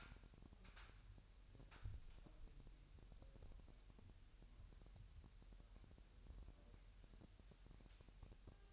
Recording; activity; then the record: daily activity, microphone in the room; wipe stove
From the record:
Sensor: 2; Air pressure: 1000.8 hPa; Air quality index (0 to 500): 249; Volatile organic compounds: 99 ppm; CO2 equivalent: 3749 ppm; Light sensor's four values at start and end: 9/23/9/9 and 10/23/9/9